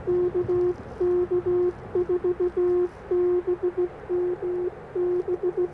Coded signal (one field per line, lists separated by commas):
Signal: Morse code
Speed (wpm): 16 wpm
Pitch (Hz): 360 Hz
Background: none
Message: KK4BMB